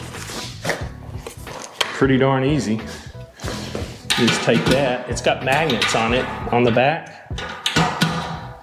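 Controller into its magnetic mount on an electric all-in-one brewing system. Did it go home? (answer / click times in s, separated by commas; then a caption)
yes / 7.7 s. A smart controller with magnets on its back is placed onto its magnetic mount on a Grainfather G40 electric all-in-one all-grain brewing system while someone talks over background music. It snaps into place with a sharp click at 7.7 s, seated.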